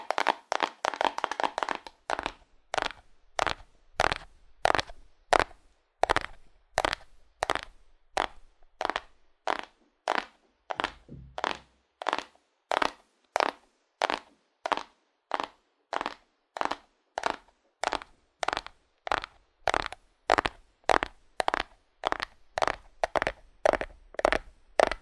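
Cardboard is tapped hard, starting with a quick flurry of dense, scraping hits in the first two seconds. Sharp, dry knocks then settle into a steady pattern of about two per second, each a short bright crack, continuing evenly to the end.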